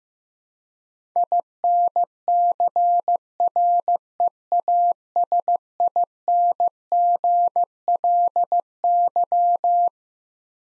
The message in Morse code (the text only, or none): INCREASINGLY